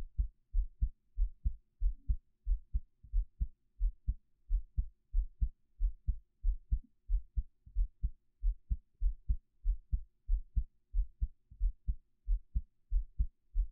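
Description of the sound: Steady, deep heartbeat thumps at about 92 beats per minute, an adult's own heartbeat heard close-up through a 3Dio binaural microphone as ASMR, with no talking.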